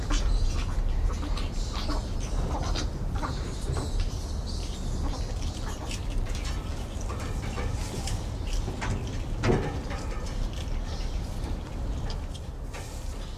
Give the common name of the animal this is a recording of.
Black-handed Spider Monkey